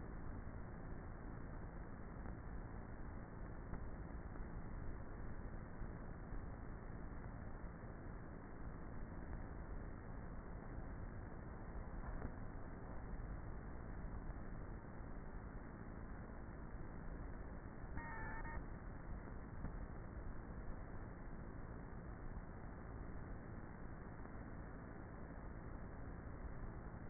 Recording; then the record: honeybee colony, microphone inside the hive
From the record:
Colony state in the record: queenless with a low population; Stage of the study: before two queens were removed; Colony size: about 30,000 bees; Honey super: no